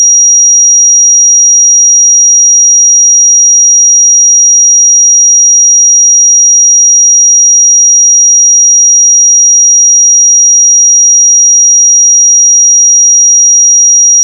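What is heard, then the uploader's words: A pure 5728 Hz sine tone holds perfectly steady for the whole fourteen seconds, a single thin, high, piercing whistle. Its loudness never changes, and there are no other sounds, no pauses, and no background noise. 5728 Hz 1 Hz Interval Sine Pure Tone Frequency 441000 Sample Mono.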